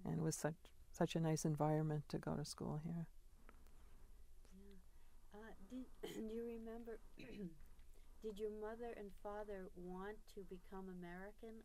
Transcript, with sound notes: And it was such a nice environment to go to school here.
Yeah. Did — do you remember — [clears throat] did your mother and father want to become American?